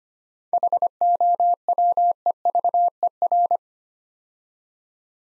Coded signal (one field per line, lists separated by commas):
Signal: Morse code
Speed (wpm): 25 wpm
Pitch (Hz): 700 Hz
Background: none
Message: HOWEVER